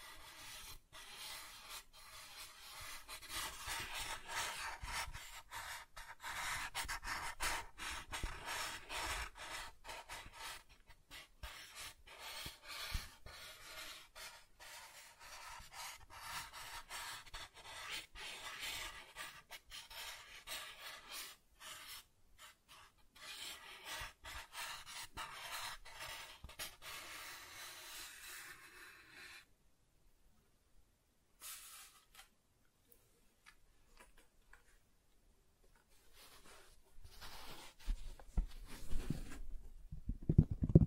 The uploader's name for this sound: Soft Tracing on Smooth and Rough Surfaces